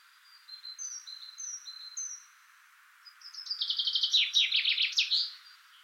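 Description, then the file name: Common chaffinch song: thin, soft high notes first, then a loud, rapid trill of descending notes that ends in a short flourish. "Fringilla coelebs"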